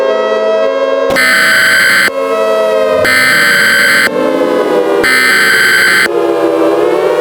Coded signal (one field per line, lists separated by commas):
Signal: Emergency Alert System (SAME) tones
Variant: header bursts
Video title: Eas Scenario #3 Godzilla invades Washington